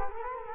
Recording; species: mosquito wingbeat signal from an infrared sensor; Culex quinquefasciatus